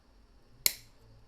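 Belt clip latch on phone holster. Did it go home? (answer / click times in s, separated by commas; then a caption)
yes / 0.7 s. A plastic belt-clip latch on the phone holster of an Otterbox Defender Pro Series case for an iPhone 13 is rotated and pushed down until it locks into place, forming a kickstand. A single sharp snap is heard at 0.7 s over a quiet background. The latch is seated.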